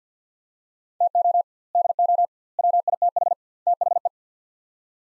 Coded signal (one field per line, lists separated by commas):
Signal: Morse code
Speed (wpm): 50 wpm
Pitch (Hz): 700 Hz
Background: none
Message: TO DO WITH THE